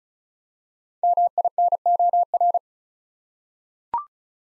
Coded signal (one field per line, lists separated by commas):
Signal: Morse code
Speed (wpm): 36 wpm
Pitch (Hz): 700 Hz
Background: none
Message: MINOR